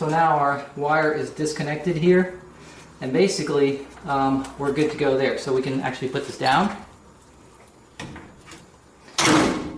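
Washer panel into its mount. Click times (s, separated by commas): 9.2 s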